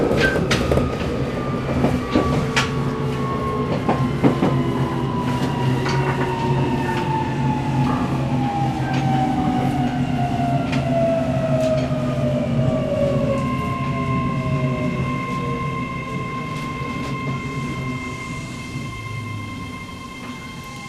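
Onboard running sound of an electric train, with a steady low rumble under the floor and scattered clicks from the rails. A motor whine glides downward as the train slows over the first thirteen seconds, then holds a flat tone while the noise gradually fades.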